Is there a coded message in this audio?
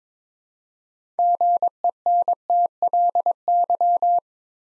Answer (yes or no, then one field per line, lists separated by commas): yes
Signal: Morse code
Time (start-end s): 1.2-4.2 s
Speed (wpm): 22 wpm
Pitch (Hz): 700 Hz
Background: none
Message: GENTLY